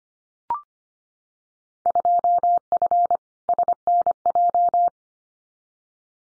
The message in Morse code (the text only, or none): 2F SNJ